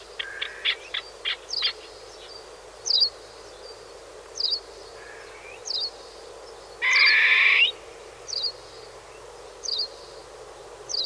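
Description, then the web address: Partridge calling with one long harsh rasp in the middle, preceded by a quick run of clicks and accompanied by regularly repeated high thin notes. "partridge bird"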